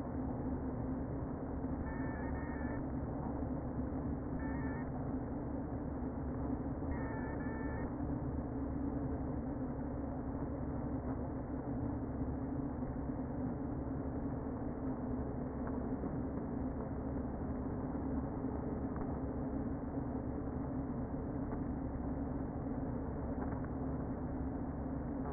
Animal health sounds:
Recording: honeybee colony, microphone inside the hive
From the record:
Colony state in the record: queen present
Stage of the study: before two queens were removed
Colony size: about 60,000 bees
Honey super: yes

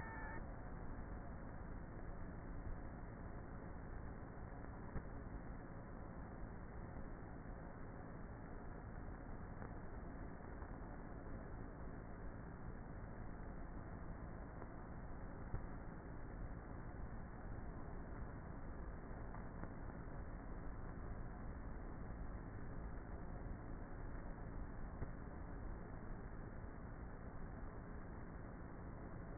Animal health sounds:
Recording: honeybee colony, microphone inside the hive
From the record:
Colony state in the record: queenless with a low population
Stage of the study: before two queens were removed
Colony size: about 30,000 bees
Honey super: no

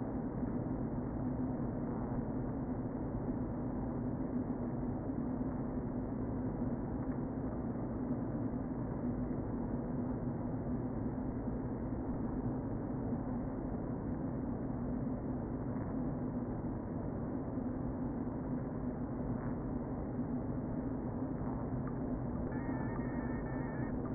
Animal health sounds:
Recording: honeybee colony, microphone inside the hive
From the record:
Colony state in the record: queen present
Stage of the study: before two queens were removed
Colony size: about 60,000 bees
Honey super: yes

